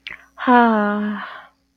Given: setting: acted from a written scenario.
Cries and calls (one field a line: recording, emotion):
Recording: vocal sound without words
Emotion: romantic love